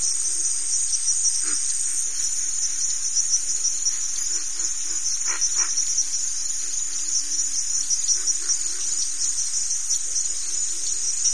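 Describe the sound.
Crickets in a dense, steady high-pitched chorus that pulses continuously throughout.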